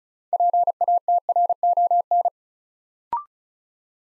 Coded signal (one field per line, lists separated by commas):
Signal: Morse code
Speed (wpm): 36 wpm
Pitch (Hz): 700 Hz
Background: none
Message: PATRON